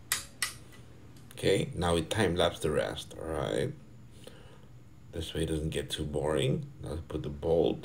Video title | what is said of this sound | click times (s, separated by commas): Stock VTi Ph16 (D16) OEM Rebuild with a Twist Part 1 | sorry now it's going to click loud hear that it's going to be loud right oh yeah | 0.1 s, 0.4 s